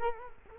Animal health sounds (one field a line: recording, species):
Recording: mosquito wingbeat signal from an infrared sensor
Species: Culex quinquefasciatus